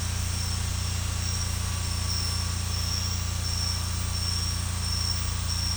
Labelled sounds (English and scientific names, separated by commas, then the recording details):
none
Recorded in secondary vegetation near Puerto Asís, Putumayo, Colombia, on 18 December 2024 at 22:30
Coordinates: 0.485, -76.322
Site GP08